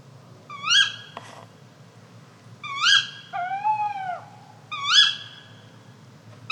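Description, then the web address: Bird calls: bright, high, rising harmonic notes repeated about every two seconds, plus one lower, longer wail that bends down at the end. "fagelljud PVU 22 kaugg"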